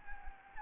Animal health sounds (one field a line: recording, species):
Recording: mosquito wingbeat signal from an infrared sensor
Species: Anopheles gambiae